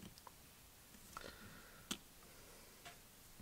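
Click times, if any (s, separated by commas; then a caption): 1.9 s. The quick-release bit-holder chuck collar of an old Ryobi Blue impact driver goes back onto the output shaft after its ball bearings are put back in, with small mechanical ticks near 0.2 s and 1.2 s. A sharp, louder click at 1.9 s marks the chuck seating and going back together.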